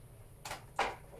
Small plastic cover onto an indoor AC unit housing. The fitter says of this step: Ensuite, je remets le petit capot ici qui vient coincé.